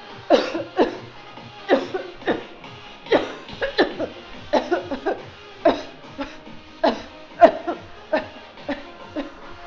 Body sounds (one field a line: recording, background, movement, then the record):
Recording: voluntary coughing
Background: music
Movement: walking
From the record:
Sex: female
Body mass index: 21.8 kg/m2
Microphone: on the chest, facing outward